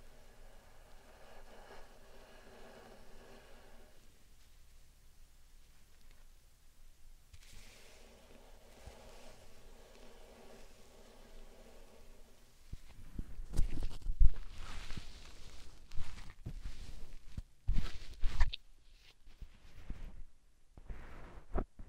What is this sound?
Satisfying Slime Sand Triggers